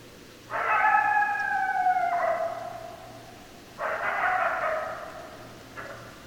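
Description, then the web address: Coyote howls: a long, gently falling note, then a shorter rough note and a brief final call, over faint hiss. Several coyotes, recorded 10 December 2012. "Coyote 2012 12 10 Coyotes 03"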